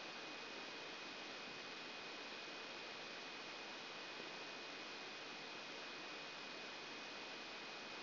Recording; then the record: brain microelectrode recording played as sound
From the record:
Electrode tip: outside the subthalamic nucleus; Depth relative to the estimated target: -8 mm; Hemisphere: left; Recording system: AlphaMap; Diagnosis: Parkinson's disease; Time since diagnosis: 11 years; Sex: male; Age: 56 years